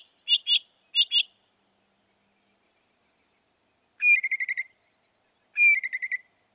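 Northern mockingbird singing paired sharp chips, then two phrases opening with a whistled note followed by quick repeated notes.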